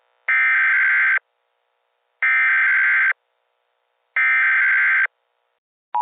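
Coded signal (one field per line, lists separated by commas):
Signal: Emergency Alert System (SAME) tones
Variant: header bursts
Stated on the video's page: Test made with an EAS builder tool and ClipChamp, not a real alert.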